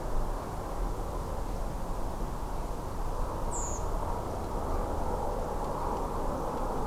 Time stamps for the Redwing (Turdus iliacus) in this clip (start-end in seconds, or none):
3.51-3.79